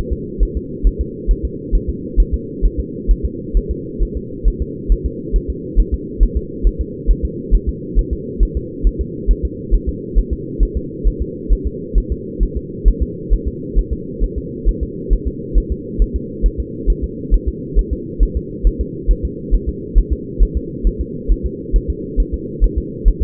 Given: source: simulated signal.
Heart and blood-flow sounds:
fetal heart sounds
0.13 s: S2
0.43 s: S1
0.57 s: S2
0.87 s: S1
1.01 s: S2
1.31 s: S1
1.45 s: S2
1.75 s: S1
1.90 s: S2
2.20 s: S1
2.34 s: S2
2.65 s: S1
2.80 s: S2
3.11 s: S1
3.25 s: S2
3.57 s: S1
3.71 s: S2
4.03 s: S1
4.17 s: S2
4.48 s: S1
4.62 s: S2
4.92 s: S1
5.06 s: S2
5.36 s: S1
5.50 s: S2
5.80 s: S1
5.94 s: S2
6.23 s: S1
6.37 s: S2
6.67 s: S1
6.81 s: S2
7.11 s: S1
7.25 s: S2
7.55 s: S1
7.69 s: S2
7.99 s: S1
8.13 s: S2
8.43 s: S1
8.57 s: S2
8.87 s: S1
9.01 s: S2
9.31 s: S1
9.45 s: S2
9.75 s: S1
9.89 s: S2
10.18 s: S1
10.33 s: S2
10.63 s: S1
10.77 s: S2
11.07 s: S1
11.22 s: S2
11.53 s: S1
11.67 s: S2
11.98 s: S1
12.12 s: S2
12.43 s: S1
12.57 s: S2
12.88 s: S1
13.03 s: S2
13.33 s: S1
13.48 s: S2
13.78 s: S1
13.93 s: S2
14.24 s: S1
14.38 s: S2
14.69 s: S1
14.83 s: S2
15.13 s: S1
15.27 s: S2
15.58 s: S1
15.72 s: S2
16.02 s: S1
16.16 s: S2
16.46 s: S1
16.60 s: S2
16.90 s: S1
17.04 s: S2
17.34 s: S1
17.48 s: S2
17.79 s: S1
17.93 s: S2
18.23 s: S1
18.37 s: S2
18.67 s: S1
18.81 s: S2
19.11 s: S1
19.25 s: S2
19.55 s: S1
19.69 s: S2
19.98 s: S1
20.12 s: S2
20.43 s: S1
20.57 s: S2
20.87 s: S1
21.01 s: S2
21.31 s: S1
21.46 s: S2
21.76 s: S1
21.90 s: S2
22.20 s: S1
22.34 s: S2
22.64 s: S1
22.78 s: S2
23.08 s: S1
23.22 s: S2
From the record:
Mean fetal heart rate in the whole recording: 135 bpm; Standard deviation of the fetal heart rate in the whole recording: 3 bpm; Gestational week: 36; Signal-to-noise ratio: -4.1 dB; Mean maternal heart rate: no maternal heart sound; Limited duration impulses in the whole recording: absent

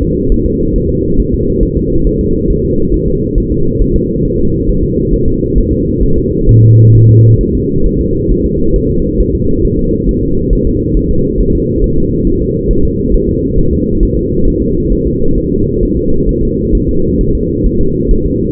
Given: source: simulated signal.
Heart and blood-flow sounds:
fetal heart sounds
0.02 s: S2
0.32 s: S1
0.46 s: S2
0.76 s: S1
0.90 s: S2
1.20 s: S1
1.34 s: S2
1.63 s: S1
1.77 s: S2
2.07 s: S1
2.21 s: S2
2.50 s: S1
2.65 s: S2
2.94 s: S1
3.08 s: S2
3.38 s: S1
3.52 s: S2
3.82 s: S1
3.96 s: S2
4.25 s: S1
4.40 s: S2
4.69 s: S1
4.84 s: S2
5.14 s: S1
5.28 s: S2
5.58 s: S1
5.72 s: S2
6.03 s: S1
6.18 s: S2
6.49 s: S1
6.63 s: S2
6.95 s: S1
7.09 s: S2
7.41 s: S1
7.55 s: S2
7.86 s: S1
8.01 s: S2
8.31 s: S1
8.46 s: S2
8.76 s: S1
8.90 s: S2
9.20 s: S1
9.35 s: S2
9.65 s: S1
9.79 s: S2
10.09 s: S1
10.23 s: S2
10.53 s: S1
10.67 s: S2
10.97 s: S1
11.11 s: S2
11.41 s: S1
11.55 s: S2
11.84 s: S1
11.98 s: S2
12.27 s: S1
12.42 s: S2
12.71 s: S1
12.85 s: S2
13.14 s: S1
13.29 s: S2
13.58 s: S1
13.73 s: S2
14.03 s: S1
14.17 s: S2
14.48 s: S1
14.62 s: S2
14.92 s: S1
15.07 s: S2
15.38 s: S1
15.52 s: S2
15.83 s: S1
15.97 s: S2
16.29 s: S1
16.43 s: S2
16.75 s: S1
16.89 s: S2
17.21 s: S1
17.35 s: S2
17.67 s: S1
17.81 s: S2
18.11 s: S1
18.26 s: S2
From the record:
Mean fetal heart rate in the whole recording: 135 bpm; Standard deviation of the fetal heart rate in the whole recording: 3 bpm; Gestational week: 36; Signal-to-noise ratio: -16.4 dB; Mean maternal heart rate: 72 bpm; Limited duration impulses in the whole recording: present

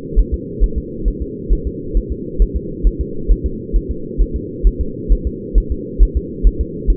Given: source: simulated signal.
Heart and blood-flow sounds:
fetal heart sounds
0.20 s: S1
0.34 s: S2
0.64 s: S1
0.78 s: S2
1.08 s: S1
1.22 s: S2
1.53 s: S1
1.67 s: S2
1.97 s: S1
2.12 s: S2
2.42 s: S1
2.56 s: S2
2.87 s: S1
3.01 s: S2
3.31 s: S1
3.46 s: S2
3.76 s: S1
3.91 s: S2
4.22 s: S1
4.36 s: S2
4.67 s: S1
4.81 s: S2
5.12 s: S1
5.27 s: S2
5.58 s: S1
5.72 s: S2
6.03 s: S1
6.17 s: S2
6.47 s: S1
6.61 s: S2
6.90 s: S1
From the record:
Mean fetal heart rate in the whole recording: 135 bpm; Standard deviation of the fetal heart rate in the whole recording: 3 bpm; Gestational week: 36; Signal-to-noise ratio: -4.3 dB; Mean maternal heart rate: 72 bpm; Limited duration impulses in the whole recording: absent

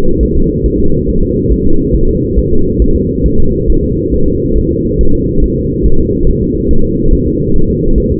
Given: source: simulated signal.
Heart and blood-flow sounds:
fetal heart sounds
0.23 s: S1
0.37 s: S2
0.66 s: S1
0.80 s: S2
1.09 s: S1
1.23 s: S2
1.52 s: S1
1.66 s: S2
1.96 s: S1
2.10 s: S2
2.39 s: S1
2.53 s: S2
2.82 s: S1
2.96 s: S2
3.26 s: S1
3.40 s: S2
3.70 s: S1
3.84 s: S2
4.14 s: S1
4.28 s: S2
4.58 s: S1
4.72 s: S2
5.01 s: S1
5.15 s: S2
5.44 s: S1
5.58 s: S2
5.86 s: S1
6.00 s: S2
6.29 s: S1
6.43 s: S2
6.71 s: S1
6.85 s: S2
7.13 s: S1
7.28 s: S2
7.56 s: S1
7.70 s: S2
7.98 s: S1
8.12 s: S2
From the record:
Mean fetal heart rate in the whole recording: 140 bpm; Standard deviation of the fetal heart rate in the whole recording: 2 bpm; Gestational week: 34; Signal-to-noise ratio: -19.1 dB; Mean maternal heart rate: 72 bpm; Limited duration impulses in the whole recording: present

